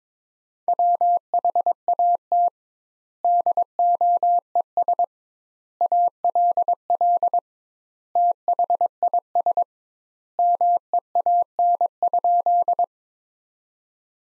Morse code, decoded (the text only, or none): WHAT DOES ALL THIS MEAN?